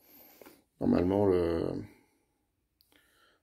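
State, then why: Seated. A plastic limb piece of a transforming train-robot toy is pushed back into its socket in the toy robot body. Someone talks, then a sharp, short click at 2.8 s marks the part snapping into place, and it is seated.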